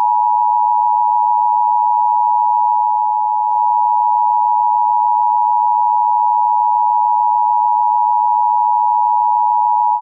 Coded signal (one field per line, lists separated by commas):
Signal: Emergency Alert System (SAME) tones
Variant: 853 and 960 Hz attention tone